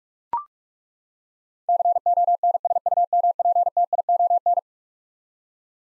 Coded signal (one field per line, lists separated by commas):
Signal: Morse code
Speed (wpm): 41 wpm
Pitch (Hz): 700 Hz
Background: none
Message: CONSUMPTION